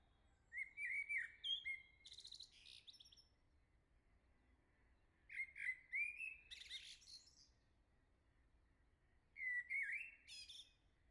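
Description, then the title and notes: Common blackbird singing three phrases, each a mellow warbled whistle followed by a high, scratchy twittering ending, with quiet pauses between. "Le Merle salue l'été, 3 Gd Rue de Chassagne, 17220 La Jarrie, France. Quel Sol!!!! pour saluer l'arrivée de l'été ce matin! Merci Jolie Merle de tes vocalises à proximité!"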